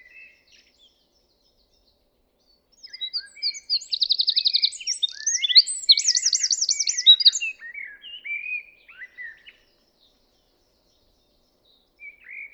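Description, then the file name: Eurasian wren song burst of high twitters and two quick trills lasting several seconds, framed by quiet and a few scattered chirps. "Troglodytes troglodytes"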